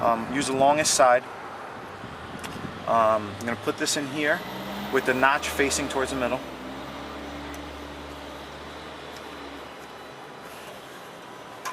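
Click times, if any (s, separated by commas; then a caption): none. A Metra 86-9001 metal radio removal key, longest side first, is pushed into the side slot of the car head unit in a 2005–2009 Audi A6 with its notch facing the middle, while someone talks. After the speech, a steady low hum with a faint tone continues until the end. Nothing has seated or clicked yet.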